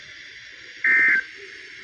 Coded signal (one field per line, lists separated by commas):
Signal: Emergency Alert System (SAME) tones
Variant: end-of-message bursts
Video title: 6:45 RWT But I forgot to turn the RWT siren back on!!! :3 EAS #161